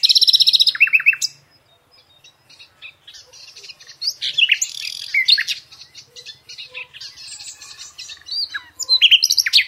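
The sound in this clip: Nightingale song: rapid trills and varied chirps at high pitch, with a burst of fast repeated notes at the start and end and short quiet gaps between phrases.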